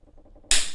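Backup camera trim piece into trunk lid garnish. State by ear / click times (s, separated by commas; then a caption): seated / 0.5 s. After the wire is repositioned, a plastic backup camera trim piece is pushed into the trunk lid garnish of a 2006–2008 Acura TSX / Honda Accord. A faint low background hum gives way to a sharp, bright click at 0.5 s that rings down over the next few tenths of a second. The trim piece clips in and is seated in place.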